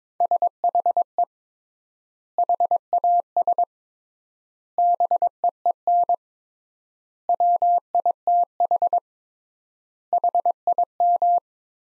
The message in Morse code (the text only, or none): SHE HAS BEEN WITH HIM